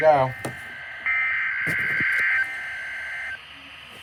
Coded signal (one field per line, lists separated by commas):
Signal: Emergency Alert System (SAME) tones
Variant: header bursts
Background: speech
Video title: EAS 1 SVA